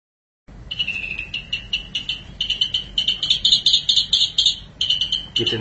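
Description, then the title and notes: Long-tailed Shrike song, a quick string of harsh repeated notes, growing louder before a brief break. "Pentet 201703. Suara burung pentet"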